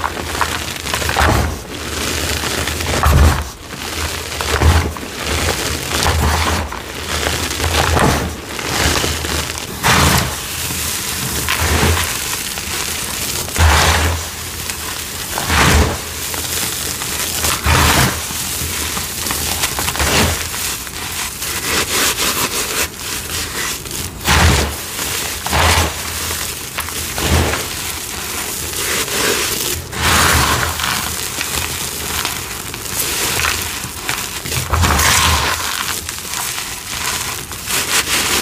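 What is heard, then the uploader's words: Crunchy cornstarch and chalk crumble in a dense, continuous stream of gritty crackles and flaky snaps. Sharper bursts of crushing break through every second or two, some with a low thud, and the texture stays bright and busy throughout. Crispy, crunchy, flaky, gritty cornstarch crunchies and dyed gym chalk crumbling.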